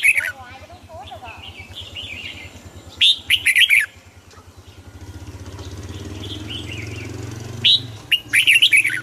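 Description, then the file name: Red-whiskered bulbul gives two pairs of quick warbled phrases while a low engine drone rumbles underneath and swells midway. Huế strain bulbul singing in the giọng kép (double-voice) song style. "Tieng chao mao hue hot giong kep"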